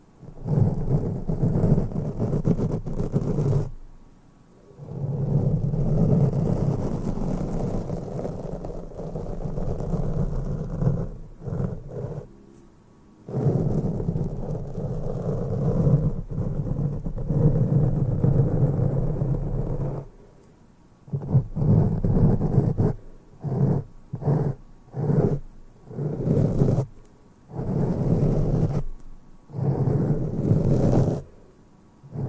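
Brushing on a microphone fills the recording with a dense, low rumbling scrape that swells and sustains for several seconds at a time. Brief silent gaps break it up near 4 and 20 seconds. Toward the end the strokes turn shorter and choppier, starting and stopping quickly.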